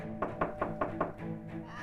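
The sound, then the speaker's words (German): Five quick, evenly spaced knocks rap on a door in a steady rhythm, each a sharp hollow thud, over a low humming tonal background with no one speaking. “kommen Sie rein, die Tür ist offen.”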